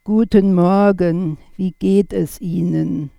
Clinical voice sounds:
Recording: spoken sentence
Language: German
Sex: female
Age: 60 to 69 years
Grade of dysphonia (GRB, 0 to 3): 1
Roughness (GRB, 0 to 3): 1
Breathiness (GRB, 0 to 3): 1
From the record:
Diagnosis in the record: dysphonia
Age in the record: 68 years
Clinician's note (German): Beginnender Laryngospasmus

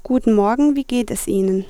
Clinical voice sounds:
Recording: spoken sentence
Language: German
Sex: female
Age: 20 to 29 years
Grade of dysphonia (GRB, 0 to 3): 0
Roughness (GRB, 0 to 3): 0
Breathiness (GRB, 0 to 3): 0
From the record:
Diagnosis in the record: healthy voice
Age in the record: 20 years

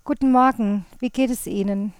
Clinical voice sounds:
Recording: spoken sentence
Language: German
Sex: female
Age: 40 to 49 years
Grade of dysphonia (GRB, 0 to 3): 0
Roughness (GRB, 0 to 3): 0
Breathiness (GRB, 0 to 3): 0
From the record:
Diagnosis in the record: Reinke's edema, hyperfunctional dysphonia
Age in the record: 41 years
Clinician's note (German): Zustand nach Abtragung

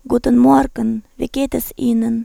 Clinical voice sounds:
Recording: spoken sentence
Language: German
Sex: female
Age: 20 to 29 years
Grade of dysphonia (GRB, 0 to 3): 2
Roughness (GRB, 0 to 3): 2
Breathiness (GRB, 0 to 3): 1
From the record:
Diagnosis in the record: hyperfunctional dysphonia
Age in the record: 24 years

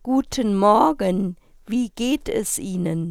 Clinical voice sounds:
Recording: spoken sentence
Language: German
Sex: female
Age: 40 to 49 years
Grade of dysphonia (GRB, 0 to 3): 1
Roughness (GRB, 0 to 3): 1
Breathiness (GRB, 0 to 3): 1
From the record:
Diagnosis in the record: hyperfunctional dysphonia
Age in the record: 47 years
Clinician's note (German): Vorbekannte ponogene Dysphonie

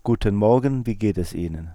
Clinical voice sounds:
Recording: spoken sentence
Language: German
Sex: male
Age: 50 to 59 years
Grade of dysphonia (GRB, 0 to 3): 0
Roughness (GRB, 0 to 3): 0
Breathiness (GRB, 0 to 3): 0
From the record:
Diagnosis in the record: psychogenic dysphonia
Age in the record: 57 years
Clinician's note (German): Mit leichter Hyperfunktion

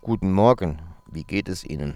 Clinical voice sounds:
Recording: spoken sentence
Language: German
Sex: male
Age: 40 to 49 years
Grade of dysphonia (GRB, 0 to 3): 0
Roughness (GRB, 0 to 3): 0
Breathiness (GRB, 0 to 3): 0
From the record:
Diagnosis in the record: healthy voice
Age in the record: 43 years

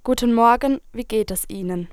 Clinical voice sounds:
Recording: spoken sentence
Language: German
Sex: female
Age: 18 to 19 years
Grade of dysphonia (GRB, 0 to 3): 0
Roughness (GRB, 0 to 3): 0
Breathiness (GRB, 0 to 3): 0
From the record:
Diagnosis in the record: healthy voice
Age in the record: 19 years

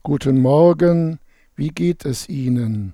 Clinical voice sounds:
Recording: spoken sentence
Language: German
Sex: male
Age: 60 to 69 years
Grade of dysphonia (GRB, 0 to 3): 2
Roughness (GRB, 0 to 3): 2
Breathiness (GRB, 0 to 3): 0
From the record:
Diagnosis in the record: contact pachydermia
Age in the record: 69 years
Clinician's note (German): Rezidiv

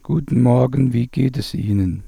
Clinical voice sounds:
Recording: spoken sentence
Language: German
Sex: male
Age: 40 to 49 years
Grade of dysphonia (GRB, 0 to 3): 3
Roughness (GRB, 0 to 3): 2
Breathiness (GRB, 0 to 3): 3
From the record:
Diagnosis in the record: recurrent laryngeal nerve paralysis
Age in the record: 46 years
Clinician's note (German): Strumiprive Rec.par. li mit guter Restbeweglichkeit

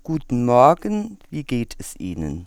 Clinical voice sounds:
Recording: spoken sentence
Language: German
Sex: female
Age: 50 to 59 years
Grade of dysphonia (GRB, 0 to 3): 1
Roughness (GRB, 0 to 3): 0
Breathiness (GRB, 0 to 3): 0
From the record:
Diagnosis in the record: healthy voice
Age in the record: 55 years

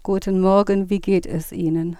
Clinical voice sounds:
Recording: spoken sentence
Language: German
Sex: female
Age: 50 to 59 years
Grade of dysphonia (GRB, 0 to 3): 0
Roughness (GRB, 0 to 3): 0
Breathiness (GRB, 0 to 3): 0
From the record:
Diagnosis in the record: psychogenic dysphonia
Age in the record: 57 years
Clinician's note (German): Ponogen

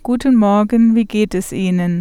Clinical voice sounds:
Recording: spoken sentence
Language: German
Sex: female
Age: 30 to 39 years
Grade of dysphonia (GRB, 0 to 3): 0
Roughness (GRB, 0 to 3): 0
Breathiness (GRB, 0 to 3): 0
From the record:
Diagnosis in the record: healthy voice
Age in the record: 37 years

